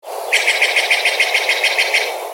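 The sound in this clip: Steller's jay giving a loud series of about a dozen harsh, rasping notes, evenly repeated about seven times a second, over a broad steady noise.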